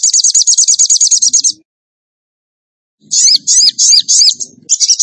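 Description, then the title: Bird song with a quick high rattling trill, a pause, then a series of sharp upswept chirps repeated several times; faint low background sounds. Masteran training recording for birds, featuring song in the gacor tembakan style. "Masteran Burung Tembakan Gacor"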